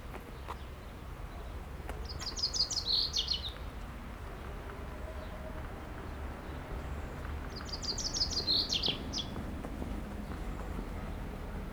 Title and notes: 30 Rue Eugène Fert, Aix-les-Bains, France - Pinson des arbres. Un pinson chante dans un arbre et je le vois faire sa toilette, une petite séquence différente de sa ritournelle habituelle, puis dérangé par un autre oiseau il s'envole